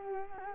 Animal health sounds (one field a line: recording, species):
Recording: mosquito wingbeat signal from an infrared sensor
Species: Culex quinquefasciatus